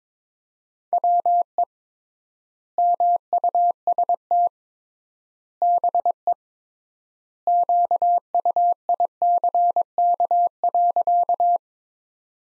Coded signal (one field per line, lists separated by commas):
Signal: Morse code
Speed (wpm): 22 wpm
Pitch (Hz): 700 Hz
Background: none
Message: WE MUST BE QUICK.